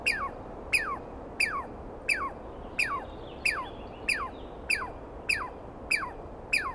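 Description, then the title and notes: Douglas squirrel calling with about ten harsh notes that slide steeply downward, spaced about two thirds of a second apart. Dawn recording on 21 April 2017 in the East Cascades; a single screaming squirrel calling at length, identified by its sound rather than a clear sighting. "Interview With The Chipmunk. On the morning of 21 April, 2017, I set up my microphones and recorder for a nice dawn recording in the East Cascades. I was started awake by a screaming Douglas Pine Squirrel"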